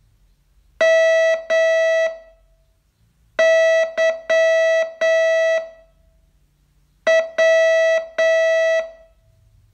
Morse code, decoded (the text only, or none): MYW